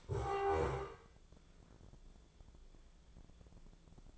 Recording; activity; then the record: daily activity, microphone in the room; stand up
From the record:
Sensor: 5